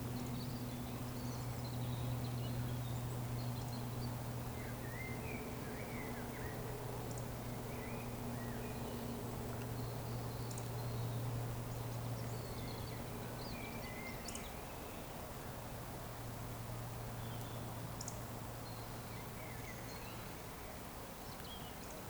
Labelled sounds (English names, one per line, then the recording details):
Eurasian Woodcock whistle
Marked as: whistle, whistle, whistle, whistle, whistle, whistle, whistle
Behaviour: display flight
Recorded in Baden-Württemberg, Germany, on 15 June 2020 at 19:20 UTC
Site 14569, 102 m above sea level